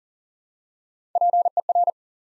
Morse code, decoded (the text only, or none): PER